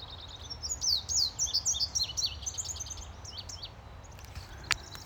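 Indigo bunting song, a quick series of high, sharp, paired chirps and slurred notes for about three seconds, then a fainter phrase, over a low background rumble.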